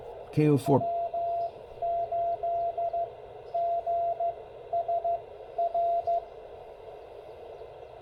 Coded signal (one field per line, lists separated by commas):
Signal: Morse code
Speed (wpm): 14 wpm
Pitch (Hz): 690 Hz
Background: speech, radio noise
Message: W8GSR